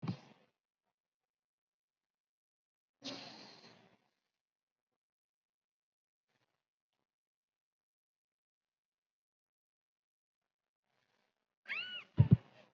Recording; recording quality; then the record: shallow breathing; moderate, slight background noise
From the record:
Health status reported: COVID-19 positive, mild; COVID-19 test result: positive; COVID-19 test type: RT-PCR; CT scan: not taken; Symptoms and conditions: cough, cold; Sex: female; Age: 32 years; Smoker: no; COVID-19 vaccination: none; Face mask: worn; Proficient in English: yes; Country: India